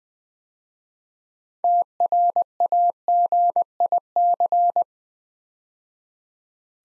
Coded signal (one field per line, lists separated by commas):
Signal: Morse code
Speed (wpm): 20 wpm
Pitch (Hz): 700 Hz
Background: none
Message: TRAGIC